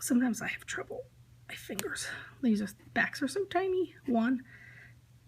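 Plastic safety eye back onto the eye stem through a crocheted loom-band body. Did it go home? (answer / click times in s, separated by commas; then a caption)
no / none. A tiny plastic back is being handled to slide onto the stem of a safety eye set in a crocheted rubber-band figure, to be pressed down until it clicks. Someone talks throughout over a low steady hum. Nothing has seated or clicked yet.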